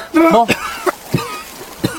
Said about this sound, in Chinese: 幸好水不深，展昭被白玉堂捞了上来，呛了两口水，正咳嗽呢。